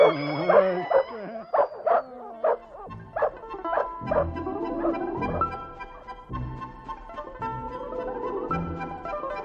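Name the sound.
dogs barking and yelping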